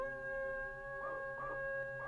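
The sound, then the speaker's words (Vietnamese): Late at night, a house dog howls in a drawn-out, wavering, wolf-like wail, its pitch rising and falling in a few long swells over a steady low hum. The sound is fairly quiet. “Một hồi thì nó chu lên cứ như là chó sói.”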